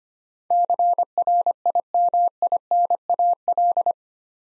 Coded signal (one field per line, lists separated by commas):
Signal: Morse code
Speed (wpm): 25 wpm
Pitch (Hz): 700 Hz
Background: none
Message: CRIMINAL